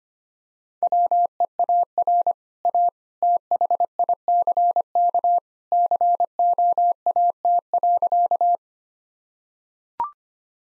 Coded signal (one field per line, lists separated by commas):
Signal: Morse code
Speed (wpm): 25 wpm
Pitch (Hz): 700 Hz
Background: none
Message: WEAR A THICK COAT.